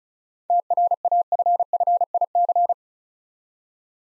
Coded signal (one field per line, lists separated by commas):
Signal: Morse code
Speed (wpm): 36 wpm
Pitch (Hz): 700 Hz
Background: none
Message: TRAFFIC